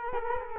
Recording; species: mosquito wingbeat signal from an infrared sensor; Culex quinquefasciatus